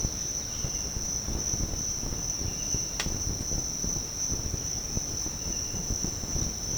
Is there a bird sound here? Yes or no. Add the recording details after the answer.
no. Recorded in pastures near Puerto Asís, Putumayo, Colombia, on 22 June 2025 at 06:30. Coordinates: 0.496, -76.326. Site GP01